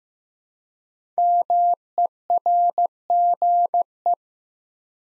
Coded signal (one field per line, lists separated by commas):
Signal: Morse code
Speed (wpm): 15 wpm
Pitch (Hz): 700 Hz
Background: none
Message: MERGE